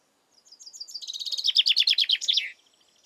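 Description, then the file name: Common chaffinch song: a rapid run of bright notes that speeds up and drops in pitch, building to a louder rattle and ending with a short downslurred flourish. "Fringilla coelebs"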